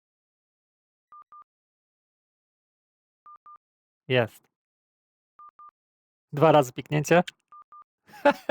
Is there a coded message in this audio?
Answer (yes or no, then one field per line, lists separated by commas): no